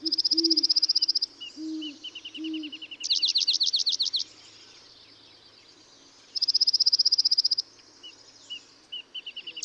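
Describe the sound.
Dark-eyed junco alternating a flat rapid trill with a richer trill of swooping notes, plus scattered short chips and a few low soft hoots underneath.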